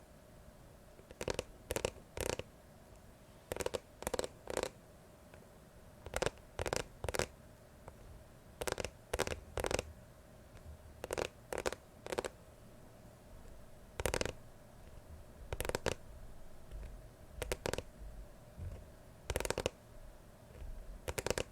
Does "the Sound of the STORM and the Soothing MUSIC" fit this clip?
no